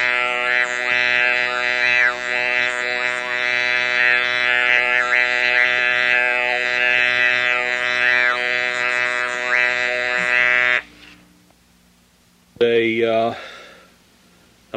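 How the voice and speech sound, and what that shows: A steady, flat, mechanical buzz runs for about eleven seconds, with shifting vowel-like resonances shaped over it as connected reading of a brief prose passage, then a pause and a brief final burst. This is electrolarynx speech with the device held in front of the lips, a longer speech sample: monotone and robotic, with words hard to make out.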